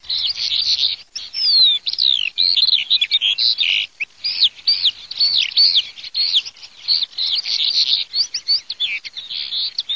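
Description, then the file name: Eurasian skylark singing a long stream of rapid, twittering and warbling high notes, varied and with only brief pauses, with no other clear sounds. "ALLODOLA"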